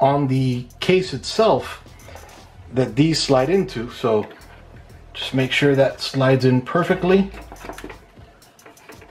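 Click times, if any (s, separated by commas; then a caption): none. Someone talks while the metal I/O bracket tabs of a Sapphire Radeon Nitro+ RX 590 8GB OC Backplate Special Edition (11289-01-20G) graphics card are slid into the PC case's expansion slots and lined up before the card is pushed into the PCIe slot. Short, quiet knocks come at about 7.8, 8.6 and 8.9 seconds as the talking fades. Nothing has seated or clicked yet.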